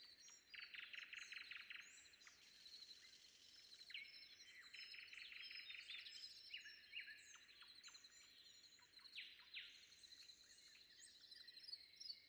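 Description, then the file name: Common nightingale song: a dense burst of rapid repeated notes, then varied chirps and whistles, over a persistent high drone. Recorded before dawn. "predawn nightingale"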